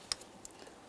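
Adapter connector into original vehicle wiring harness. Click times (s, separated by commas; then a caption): 0.1 s. A plastic adapter harness connector for the air pump electric motor on a 2000-2005 Buick LeSabre is squeezed into the original vehicle wiring harness and gives a sharp click at 0.1 s. Fainter ticks follow at about 0.2 s, 0.5 s and 0.6 s. The connector is seated, and a tug confirms it is secure.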